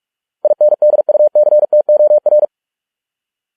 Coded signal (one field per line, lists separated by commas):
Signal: Morse code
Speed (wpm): 46 wpm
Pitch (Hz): 600 Hz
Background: none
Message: INDUCTOR